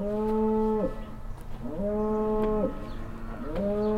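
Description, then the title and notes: Cow mooing: three steady, level moos, each about a second long, with brief gaps between them. Cow at a farmstead near a willow in Heiderscheid, mooing constantly and loudly while moving behind a bush. "Heiderscheid - farmstead cow. At a farmstead nearby a willow. A constantly loud mooing cow and moves behind a bush. Other cows answer more silently"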